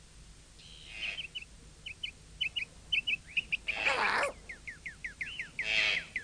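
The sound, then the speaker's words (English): Several small pet birds from a shop, some of them green and white, chirp in quick, high-pitched bursts, repeated in a busy, uneven rhythm, with a few louder harsh calls standing out and a voice briefly speaking. “Strictly for the birds.”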